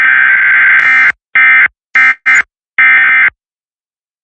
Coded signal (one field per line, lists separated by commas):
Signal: Emergency Alert System (SAME) tones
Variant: end-of-message bursts